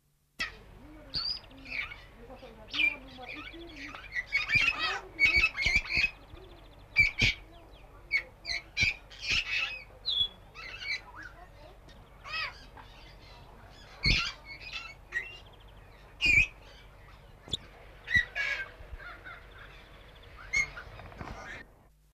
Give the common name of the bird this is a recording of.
Brown-necked Parrot